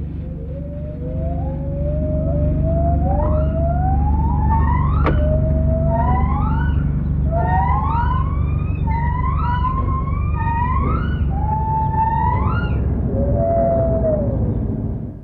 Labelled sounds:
Lar Gibbon (Hylobates lar)
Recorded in captivity
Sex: diverse
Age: adult
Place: Tierpark Berlin, Berlin, DE
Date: 1975-12-26
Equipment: Uher CR 210, Verstärker, Sennheiser MD 421 HL, Kopie Uher Variocord
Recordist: Tembrock, Günter

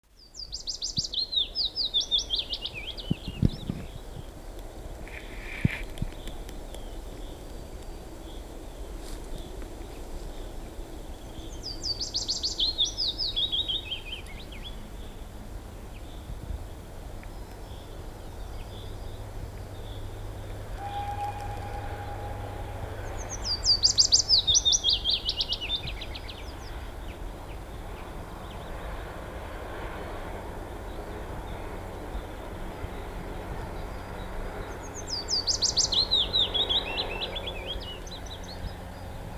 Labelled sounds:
Willow Warbler (Phylloscopus trochilus) song
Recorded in the wild
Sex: male
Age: adult
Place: Miroslawiec, Pojezierze Waleckie, Westpommern, PL
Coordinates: 53.3358, 16.065
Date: 1966-05-11 10:45
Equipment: Nagra III BH
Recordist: Schubert, Michael

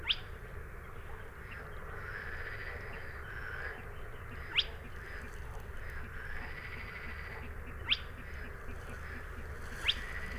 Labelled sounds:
Spotted Crake (Porzana porzana) song
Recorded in the wild
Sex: male
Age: adult
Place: Kützerhof, Kummerower See, Mecklenburg-Vorpommern, DE
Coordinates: 53.8517, 12.8739
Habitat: wetland
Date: 2008-05-15
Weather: ca. 10°C, fast windstill, zunehmender Mond
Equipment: Sound Devices 702, Sennheiser MKH 70, Windkorb
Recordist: Frommolt, Karl-Heinz

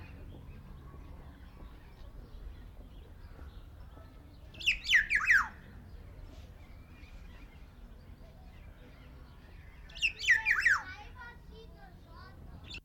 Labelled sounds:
Black-naped Oriole (Oriolus chinensis) call
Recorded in captivity
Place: Zoo Berlin, Berlin, DE
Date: 1995-03-11 11:28
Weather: sonnig, 0 - 5 °C
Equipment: Sony WM-D6C, Sennheiser ME 80, Kopie Uher Variocord 263
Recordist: Tembrock, Günter

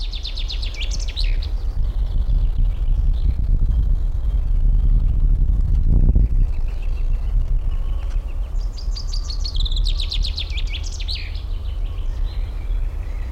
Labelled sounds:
Common Chaffinch (Fringilla coelebs)
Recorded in the wild
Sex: male
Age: adult
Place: Blankenfelde, Tegeler Fließ, Berlin, DE
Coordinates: 52.62, 13.39
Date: 1994-04-23 11:35
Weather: heiter 16-19°C
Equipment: Marantz CP 430, Sennheiser ME 80, Kopie Uher Variocord 263
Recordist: Tembrock, Günter

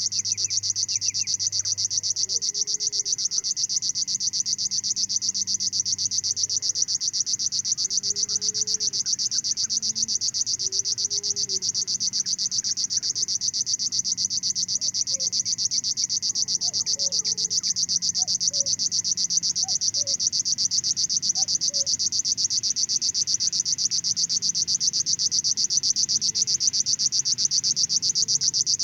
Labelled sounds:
Thrush Nightingale (Luscinia luscinia) song
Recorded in the wild
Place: Zirkow, Insel Rügen, Mecklenburg-Vorpommern, DE
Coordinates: 54.377, 13.536
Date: 1975-06-06 20:00
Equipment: Nagra III BH, Sennheiser MD 21, parabola
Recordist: Schubert, Michael

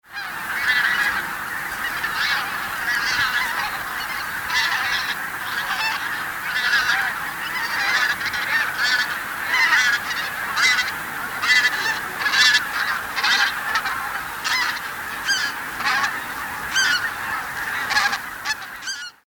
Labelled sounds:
Taiga Bean Goose (Anser fabalis)
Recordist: Tembrock, Günter
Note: überfliegende Saatgänse und diverse andere Gänse vom Wasser her

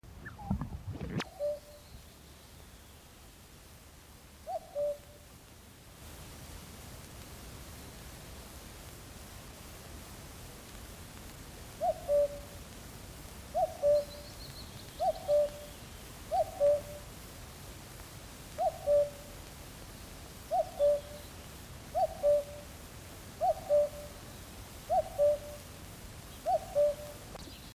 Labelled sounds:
Common Cuckoo (Cuculus canorus) song, Common Chaffinch (Fringilla coelebs)
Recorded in the wild
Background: Fringilla coelebs
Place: Schloß Holte-Stukenbrock, Senne, Nordrhein-Westfalen, DE
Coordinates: 51.8833, 8.66667
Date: 1966
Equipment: Uher 4000 Report-S, Bändchenmikro Beyer M 260, Parabolspiegel Polyester (470 mm)
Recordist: Conrads, Klaus
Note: Stukenbrock, nördlich Furlbach. Band Co 8B: Männchen: Gesang. Keine genaue Datumsangabe: Juni 1966

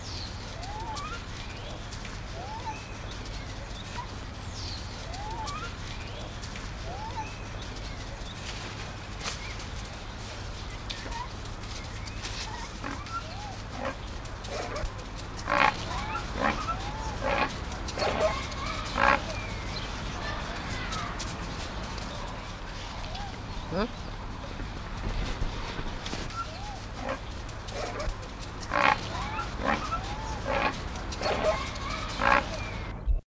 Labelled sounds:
Crested Guan (Penelope purpurascens) call
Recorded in captivity
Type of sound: call
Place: Zoo Köln, Nordrhein-Westfalen, DE
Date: 1972-11-24
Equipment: Halbspur, 9,5 cm/s
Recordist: Lütgens, Hans
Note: Dieser treibt

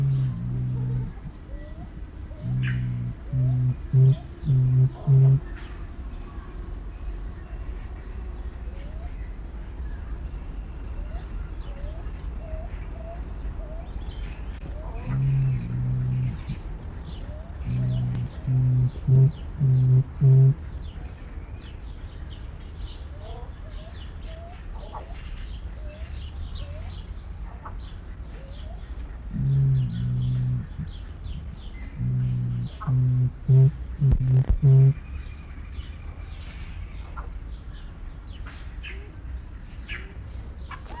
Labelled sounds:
Black Curassow (Crax alector) call
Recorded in captivity
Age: adult
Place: Zoo Berlin, Berlin, DE
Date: 1994-08-06 12:27
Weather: wolkig bis heiter, 24-28°C
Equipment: Marantz CP 430, Sennheiser ME 80, Kopie Uher Variocord 263
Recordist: Tembrock, Günter

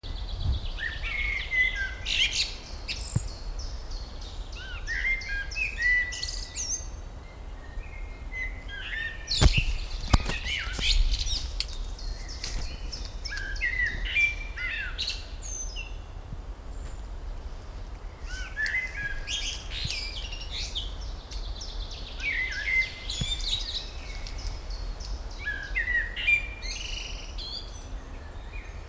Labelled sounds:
Common Blackbird (Turdus merula) song
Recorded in the wild
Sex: male
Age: adult
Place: Briesetal, Brandenburg, DE
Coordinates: 52.6833, 13.2667
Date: 1997-05-17 18:13
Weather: sunny, 25°C
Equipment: Sony MD-WM MZ-R3, Sennheiser MKH 416 T, Kopie Uher 4000 Report Monitor
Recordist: Tembrock, Günter

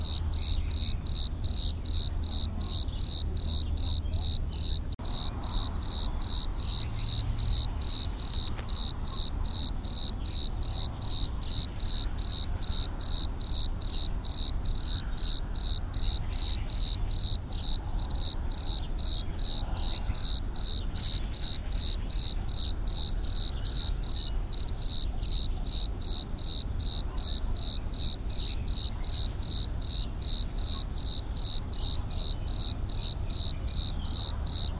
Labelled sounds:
Bordeaux Cricket (Eumodicogryllus bordigalensis) stridulation
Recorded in the wild
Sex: male
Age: imago
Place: Arles, Provence, Provence-Alpes-Côte d'Azur, FR
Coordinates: 43.6517, 4.62833
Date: 1994-05-17
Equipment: Sony TCD-D3, 2 Sennheiser MKE 2 in Doppelreflektoren (Eigenbau)
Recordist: Krey, Winfried

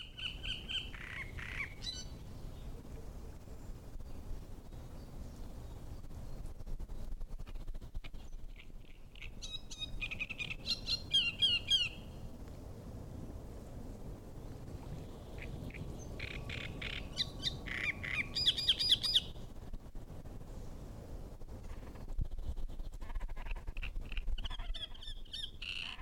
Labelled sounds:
Great Reed Warbler (Acrocephalus arundinaceus)
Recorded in the wild
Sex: male
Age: adult
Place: Müggelsee, Berlin, DE
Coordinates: 52.44, 13.64
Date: 1991-05-12
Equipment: Uher 4400 Report Monitor, Sennheiser ME 80, K 30 AV
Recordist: Fischer, Stefan
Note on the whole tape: Bestand 12: unmarkiertes Männchen - Gesang - z.T. 2 Vögel - 35 Strophen

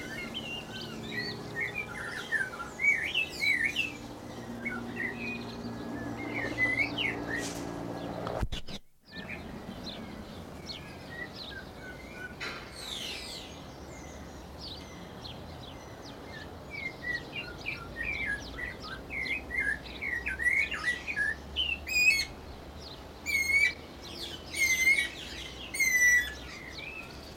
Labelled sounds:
Snowy-crowned Robin-Chat (Cossypha niveicapilla)
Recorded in captivity
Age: adult
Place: Zoo Berlin, Berlin, DE
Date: 1992-05-09 11:40
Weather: wolkig, 11-14°C
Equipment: Nagra SN, Mikrofon AKG CK 8, Kopie Tesla B 116
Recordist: Tembrock, Günter

